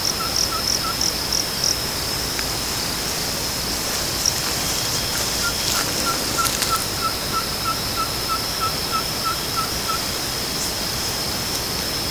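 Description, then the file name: Ferruginous pygmy owl giving a series of whistled toots at a steady pace of about three per second, after a few opening notes. A constant high insect drone and brief high chirps sound behind it. Recorded at Estação Ecológica Juréia, Peruíbe, São Paulo, Brazil. "Glaucidium brasilianum EEJureia Peruibe SP Brazil. ASilveira"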